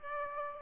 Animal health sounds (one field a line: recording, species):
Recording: mosquito wingbeat signal from an infrared sensor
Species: Aedes albopictus